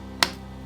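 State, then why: Seated. A graphics card is pushed into the motherboard's PCIe slot, giving one sharp, bright click at 0.2 s over a steady low hum. The card is seated and latched into the slot.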